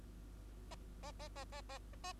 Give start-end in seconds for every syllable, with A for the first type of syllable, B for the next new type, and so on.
0.71-0.75 A, 1.03-1.12 A, 1.20-1.28 A, 1.36-1.45 A, 1.52-1.61 A, 1.69-1.78 A, 2.04-2.13 A